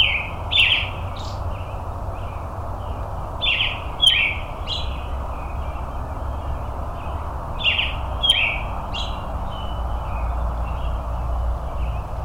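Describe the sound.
Robin song: sharp high notes sliding downward in short bursts roughly every four seconds, against a steady low-pitched background rumble.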